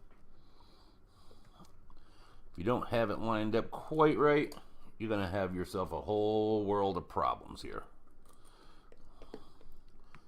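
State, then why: Not seated. A cover plate is lined up over the body of an Arctic Dolphin ADT 180TC vape mod while someone talks, with a few faint, quiet ticks of handling near the end. Nothing has seated or clicked yet; the plate is not yet home.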